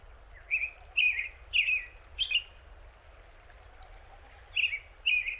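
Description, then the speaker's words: American robin song: short caroling whistled phrases, four in quick succession, a pause, then two more, over low background noise. Field recording in Rocky Mountain National Park, Colorado, Big Thompson Canyon; recorded by Jacob Job. "And always, no matter where I hear Robin's song, I am home."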